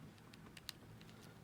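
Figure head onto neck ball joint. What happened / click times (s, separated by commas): The small plastic part popped onto its ball joint / 0.7 s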